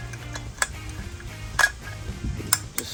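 A masonry hole saw meant for stucco, brick and concrete block is pushed onto its quick-change arbor over a low steady hum with several light taps. It snaps in with a sharp metallic click at 2.5 s, seating on the arbor.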